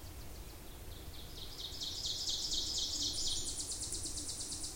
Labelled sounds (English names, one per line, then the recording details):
Ovenbird song
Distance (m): 35 m
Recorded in boreal forest in Alberta, Canada, on 26 May 2016 at 07:26
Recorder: SongMeter 3, array SBT-3-15
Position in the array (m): 38 m, 234 m
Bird 20